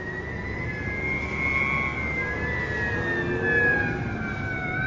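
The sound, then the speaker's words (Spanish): An ambulance siren wails in long rising and falling tones as the ambulance approaches, over a steady rumble of background noise, growing slightly louder over the few seconds, with no one speaking. “Tranquilo, mijo, ya estamos llamando a la ambulancia, ya mismo viene.”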